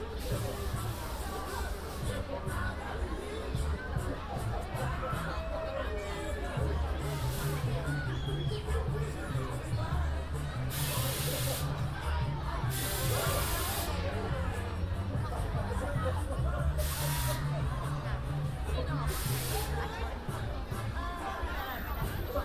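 A walk through Hyde Park toward the winter carnival, with a dense, steady babble of many voices throughout. A low humming drone runs underneath, and bursts of hissing spray rise several times, near 7, 11, 13, 17 and 19 seconds.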